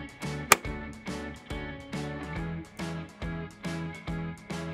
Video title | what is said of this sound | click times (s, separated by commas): How to Clean & Lube Your Chain: Wax Lube for MTB & Road Bikes | hold the rear wheel and apply a little Force to the cranks you'll hear the link snap as it locks | 0.5 s